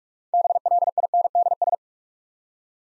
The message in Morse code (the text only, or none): BLINDS